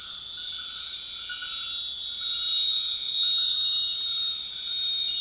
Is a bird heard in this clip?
no